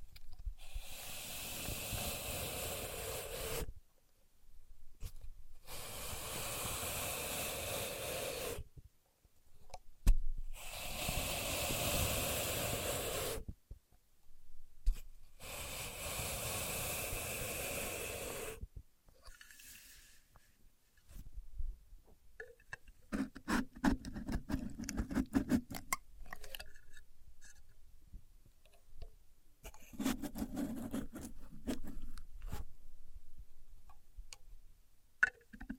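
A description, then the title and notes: A contour gauge being pressed and reshaped: four long, bright hissing rushes of sliding pins run through the first eighteen seconds, separated by short silences. After that come sparse clicks, rattles and soft low thumps, with brief bursts near 25 and 31 seconds. A Contour Gauge. No Talking.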